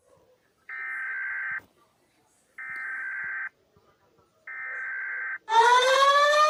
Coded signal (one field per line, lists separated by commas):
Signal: Emergency Alert System (SAME) tones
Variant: header bursts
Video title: All British territories eas alarms